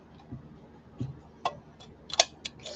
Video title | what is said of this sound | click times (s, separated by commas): Attic Avenue Live Sale - Tuesday 08/18/26 - 8pm Central Time | Snaps back into place. | 2.2 s